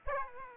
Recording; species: mosquito wingbeat signal from an infrared sensor; Aedes aegypti